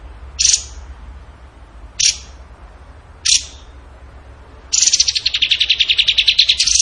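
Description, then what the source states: Bird song with three sharp, high, clipped notes spaced over a second apart, followed by a rapid, continuous rattling trill lasting about two seconds. Vigorous (gacor) singing in the tembakan (shooting) style, used in masteran training.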